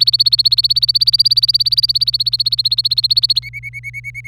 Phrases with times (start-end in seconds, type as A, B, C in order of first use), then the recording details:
0.00-3.39 A, 3.42-4.27 B. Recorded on 25 April 2018 at 17:05. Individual llb3